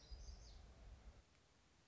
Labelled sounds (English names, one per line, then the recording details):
Black-throated Gray Warbler
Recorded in Sonoma County, California